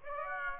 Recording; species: mosquito wingbeat signal from an infrared sensor; Aedes aegypti